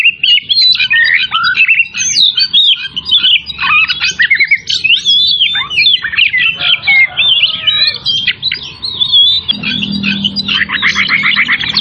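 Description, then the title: Oriental magpie-robin song: vigorous continuous warbling of squeaky whistles and chirps, ending with a fast dry rattling trill. Singing vigorously, in the style called gacor; from Tretes. "Kacer Tretes Gacor"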